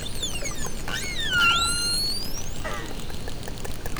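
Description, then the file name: Pilot whale whistles, several overlapping rising and falling tonal sweeps with bright harmonics, one dipping then climbing steeply, over a steady crackling underwater hiss. Recorded off Port-Cros island, France, in 2014. "Glotin Globicephale face Ile Port Cros 2014"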